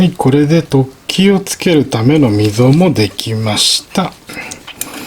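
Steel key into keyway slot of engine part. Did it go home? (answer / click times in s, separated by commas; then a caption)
no / none. A 5 mm steel key is handled over a freshly cut keyway slot in a metal engine part while someone talks. Short metallic ticks sound near the end at about 4.7 and 4.8 seconds, but the key has not yet seated in the slot.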